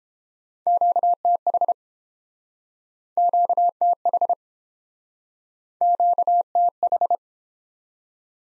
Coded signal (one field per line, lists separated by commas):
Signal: Morse code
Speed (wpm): 29 wpm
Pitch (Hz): 700 Hz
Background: none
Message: QTH QTH QTH